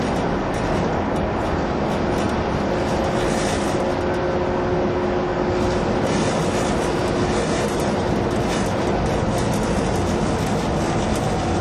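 Running sound from inside a 185 series train on the Odoriko 106, a steady, dense low rumble with rattling that holds an even level throughout. A faint tone rises and holds around the middle, and brief brighter clatters come through now and then over the continuous roar.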